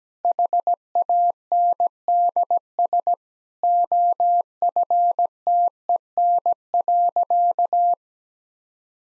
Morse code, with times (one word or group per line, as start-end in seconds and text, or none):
0.2-3.1 HANDS
3.6-7.9 OFTEN.